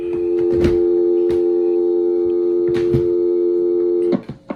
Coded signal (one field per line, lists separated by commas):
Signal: telephone call progress tone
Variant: North America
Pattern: dial tone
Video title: Telephone is not in service part 001